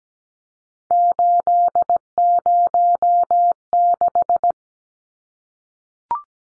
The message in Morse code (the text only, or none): 806